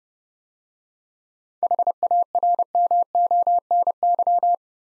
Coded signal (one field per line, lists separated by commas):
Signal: Morse code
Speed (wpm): 30 wpm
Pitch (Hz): 700 Hz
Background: none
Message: HARMONY